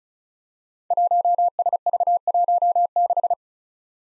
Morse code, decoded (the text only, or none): 1SV16